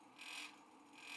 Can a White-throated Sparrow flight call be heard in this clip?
no